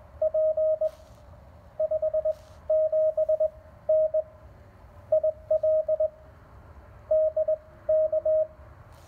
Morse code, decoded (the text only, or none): P 57N IL DK